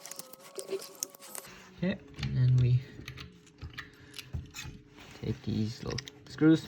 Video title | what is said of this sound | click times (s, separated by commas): Replacing spark plugs on a 2016 Chevy Malibu ￼ 2 L | push into clicks lock | 1.0 s